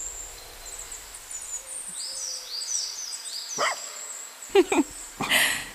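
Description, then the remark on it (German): A dog gives a few short, sharp barks, one single and then a quick cluster, over a steady bed of high, twittering birdsong. “Na komm, Hundchen.”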